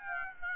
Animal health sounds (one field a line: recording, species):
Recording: mosquito wingbeat signal from an infrared sensor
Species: Aedes aegypti